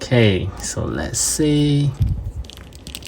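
Someone talks while handling a Tonsen ArtToys Bojack Trunks 06A action figure, starting to press its swappable plastic head onto the body's neck ball joint. Faint handling clicks follow at about 2.5, 2.9, 3.0 and 3.1 s. Nothing has seated or popped into place yet.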